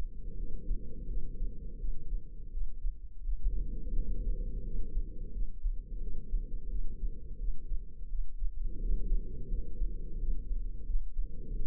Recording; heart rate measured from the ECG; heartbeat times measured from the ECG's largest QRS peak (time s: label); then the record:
heart sounds by microphone in the left ear; 86 bpm
0.34 s: heartbeat
1.05 s: heartbeat
1.76 s: heartbeat
2.49 s: heartbeat
3.20 s: heartbeat
3.92 s: heartbeat
4.61 s: heartbeat
5.30 s: heartbeat
5.98 s: heartbeat
6.67 s: heartbeat
7.36 s: heartbeat
8.06 s: heartbeat
8.77 s: heartbeat
9.47 s: heartbeat
10.16 s: heartbeat
10.84 s: heartbeat
11.51 s: heartbeat
From the record:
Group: healthy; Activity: cold pressor test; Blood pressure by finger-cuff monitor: 119/90 mmHg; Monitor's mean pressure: 101 mmHg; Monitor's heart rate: 86 bpm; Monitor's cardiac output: 6 L/min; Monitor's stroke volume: 70 mL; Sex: female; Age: 32 years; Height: 172 cm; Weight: 71.7 kg